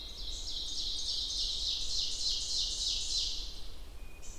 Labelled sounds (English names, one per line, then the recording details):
Ovenbird song
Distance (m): 55 m
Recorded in boreal forest in Alberta, Canada, on 29 June 2016 at 07:23
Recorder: SongMeter 3, array SBT-6-79
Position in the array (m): 274 m, 36 m
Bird 39